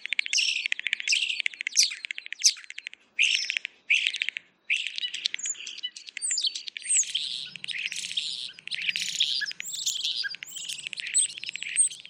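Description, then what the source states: European starling calls: dense bursts of harsh clicks, rattles and squeaky whistles in rapid overlapping phrases, brief pauses between bursts, continuing for about twelve seconds. Original recordings of European starlings, later layered with designed elements to create insect-like creature sounds; chosen for more variation and character than insect recordings.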